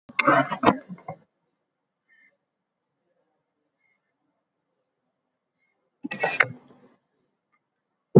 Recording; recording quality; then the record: shallow breathing; poor, much background noise or distortion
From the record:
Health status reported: COVID-19 positive, mild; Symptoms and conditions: cough, cold, breathing difficulty, fever, fatigue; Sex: male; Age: 39 years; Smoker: not ticked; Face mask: not worn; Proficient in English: no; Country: India